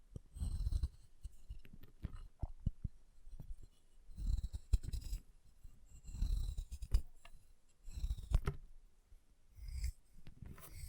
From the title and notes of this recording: ASMR Chalk Carving and Cutting Sounds (No Talking).